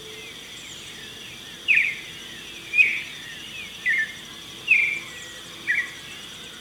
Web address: Natures Songs S America Birds of Ecuador Marañon Thrush